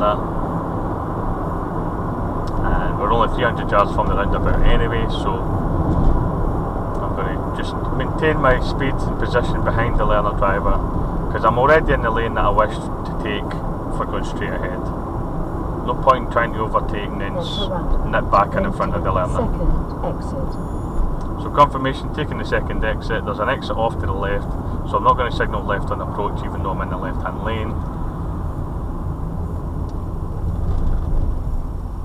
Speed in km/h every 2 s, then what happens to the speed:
56, 56, 55, 55, 55, 48, 45, 45, 42, 40, 39, 37, 35, 32, 27, 24.
0-8 steady at about 55. 8-32 slows to 24.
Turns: none.